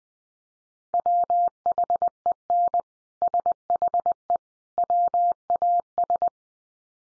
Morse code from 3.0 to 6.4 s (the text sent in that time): SHE WAS